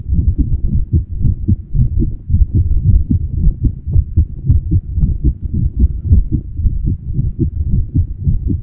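Steady low thumping adult heart sounds repeat at roughly 110 beats a minute, with paired lub-dub beats heard throughout. A plain heartbeat with a fairly fast rate and no other sounds.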